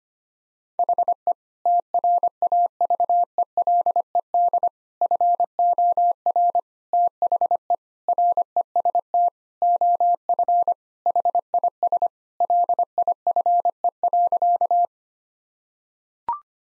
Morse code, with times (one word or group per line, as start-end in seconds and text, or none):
0.8-1.3 HE
1.7-4.7 TRAVELED
5.0-6.6 FOR
6.9-7.7 THE
8.1-9.3 REST
9.6-10.7 OF
11.1-12.1 HIS
12.4-14.8 LIFE.